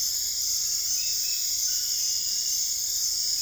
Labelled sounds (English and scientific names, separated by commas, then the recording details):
none
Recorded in dense forest near Puerto Asís, Putumayo, Colombia, on 20 February 2024 at 04:30
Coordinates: 0.485, -76.318
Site G6408